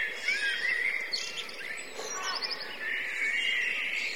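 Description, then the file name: Blackbirds calling in a dense chattering chorus, overlapping squeaky notes and short whistles, with a steady hiss of background noise throughout. Several blackbirds; line-in input, with overruns noted. "blackbirds record from line in overruns"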